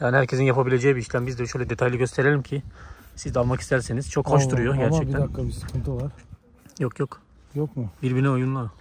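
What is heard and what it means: A plastic wiring connector for the ambient interior lighting module on a Mercedes C200 W205 (Burmester tweeter and air vent lighting) is being handled before going into its mating plug. Someone talks throughout, with mostly speech and a few short handling sounds. Nothing has seated or clicked yet.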